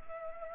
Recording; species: mosquito wingbeat signal from an infrared sensor; Culex pipiens